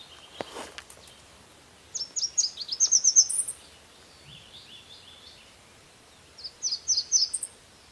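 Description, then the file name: Red warbler song in two high, bright twittering phrases of quick slurred notes several seconds apart, with a single sharp click near the start. "Canto do mariquita vermelha"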